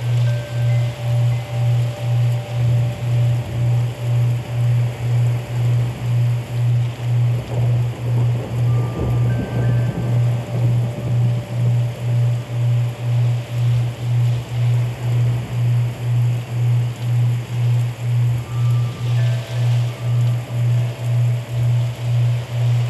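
Steady soft rain hiss under a loud, low pulsing hum that throbs about twice a second, with faint sustained chime tones drifting above.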